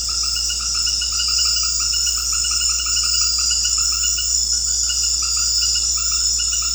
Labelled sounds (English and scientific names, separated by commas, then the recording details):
none
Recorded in secondary vegetation near Puerto Asís, Putumayo, Colombia, on 9 March 2025 at 20:30
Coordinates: 0.484, -76.319
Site G010